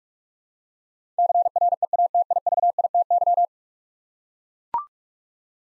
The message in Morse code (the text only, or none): CREATIVITY